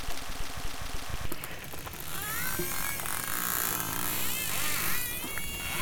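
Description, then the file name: Dolphin vocalizations: sweeping whistles that climb and dip, mixed with click trains and heavy background hiss. "Delfino"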